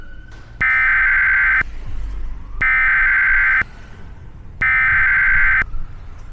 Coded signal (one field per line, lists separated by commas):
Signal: Emergency Alert System (SAME) tones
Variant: header bursts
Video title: On the Loose (An EAS Scenario)